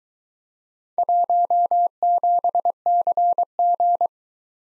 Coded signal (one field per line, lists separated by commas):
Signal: Morse code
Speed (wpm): 22 wpm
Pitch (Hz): 700 Hz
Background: none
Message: 17CG